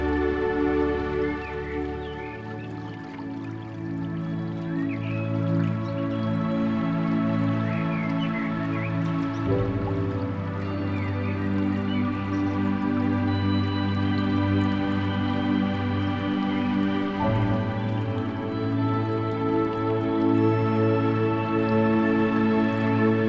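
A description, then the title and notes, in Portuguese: Relaxing music of long, sustained tones plays at a steady level over a trickling stream, the chord shifting around 9 and 17 seconds. Scattered birds chirp brightly, mostly through the first half, with soft drip-like water sounds underneath. Música Relaxante - Riacho e Sons da Natureza.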